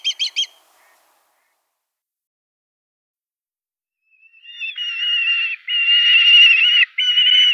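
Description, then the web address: Black kite: a few quick sharp notes, a pause, then a rise into a sustained, quavering whistle in a few long phrases. "Schwarzmilan. milan noir"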